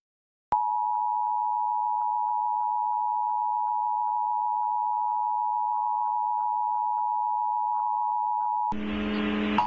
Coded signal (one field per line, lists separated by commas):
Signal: Emergency Alert System (SAME) tones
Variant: 853 and 960 Hz attention tone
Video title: Connecticut's Monthly Test on WFSB Hartford, Connecticut (5/14/2024) (EAS #118)